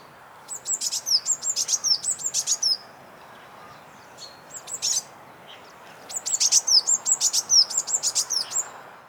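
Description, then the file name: Eurasian blue tit calls: rapid series of high, thin notes with downward-sweeping tails, given in two long bursts with a short quieter run between, over a steady low background hiss. "Cyanistes caeruleus"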